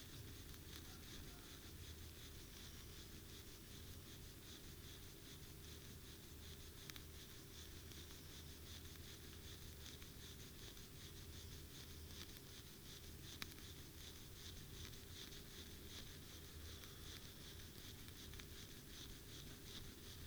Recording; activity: daily activity, guitar pickup as the sensor; brush teeth